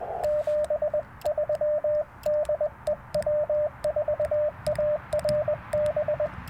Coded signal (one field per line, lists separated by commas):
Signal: Morse code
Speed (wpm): 20 wpm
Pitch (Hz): 620 Hz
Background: radio noise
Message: 73 DE W4ARB